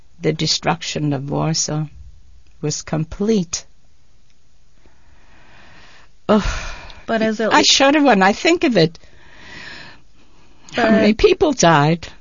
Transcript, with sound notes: "The Destruction of Warsaw." It was complete. ( she sighs )
But as a...
I shudder when I think of it, how many people died.